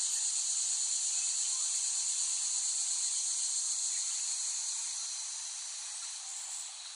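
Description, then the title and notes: Loud cicada chorus buzzes in a rich, steady high-pitched hiss that fades noticeably over the last couple of seconds. Cicadas recorded by Dan Bodah in West Brighton, Staten Island, late summer 2008. "Dronecast: The Cicadas of Summer. Recording of cicadas made by Dan Bodah in West Brighton, Staten Island, late summer 2008"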